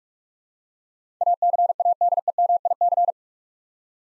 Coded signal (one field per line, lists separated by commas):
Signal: Morse code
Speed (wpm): 48 wpm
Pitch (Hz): 700 Hz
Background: none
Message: ACADEMIC